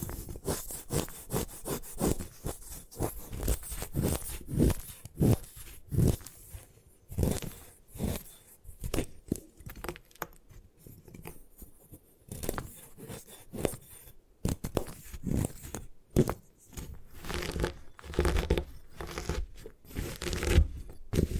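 Gym chalk is crushed and crumbled, with dense, irregular crunching and crinkling bursts coming every fraction of a second.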